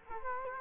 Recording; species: mosquito wingbeat signal from an infrared sensor; Culex quinquefasciatus